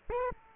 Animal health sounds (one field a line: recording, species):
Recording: mosquito wingbeat signal from an infrared sensor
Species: Aedes aegypti